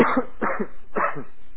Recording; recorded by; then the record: voluntary cough; telephone call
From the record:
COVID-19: positive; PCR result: self-reported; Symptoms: yes